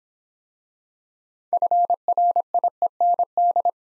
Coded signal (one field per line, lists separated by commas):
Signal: Morse code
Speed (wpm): 26 wpm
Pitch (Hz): 700 Hz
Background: none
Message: FRIEND